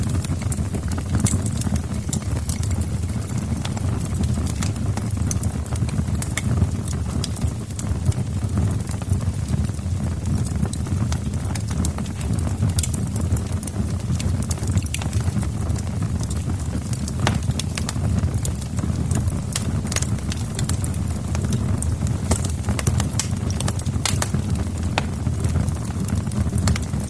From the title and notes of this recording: In this episode, we bring you the calming sounds of a crackling fire, as the flames dance and flicker. The gentle crackle and pop of the fire. This episode features only natural soundscapes with no dialogue or voice. Tranquil Crackling Fire.